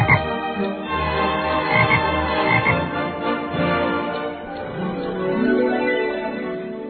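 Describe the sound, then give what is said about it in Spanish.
A toad croaks steadily for several seconds, a buzzy, harmonic rattle that swells and fades in uneven pulses at a fairly loud level, with no voices. “Eran las 8:15 de la noche, así es que tomé el sapo entre mis manos y nada más de verle esos pinches ojos tan feos, no supe de dónde agarrar inspiración.”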